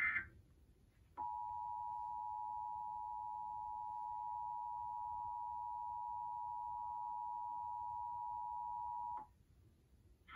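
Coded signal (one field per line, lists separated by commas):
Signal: Emergency Alert System (SAME) tones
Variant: 853 and 960 Hz attention tone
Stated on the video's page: Real Civil Emergency Message broadcast on WMAQ and WSNS for an Indiana Silver Alert.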